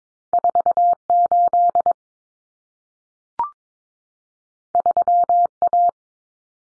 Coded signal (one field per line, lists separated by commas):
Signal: Morse code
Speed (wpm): 22 wpm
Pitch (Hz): 700 Hz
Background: none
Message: 48 3A